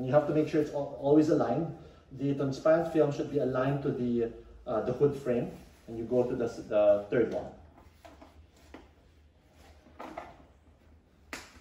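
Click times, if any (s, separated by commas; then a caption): 11.3 s. Someone talks while aligning the transparent hood film to the hood frame of an air purifier enclosure, then moves to the third attachment point and pushes the film clip into the frame. A few soft handling sounds follow before a sharp snap at 11.3 s as the clip locks into place.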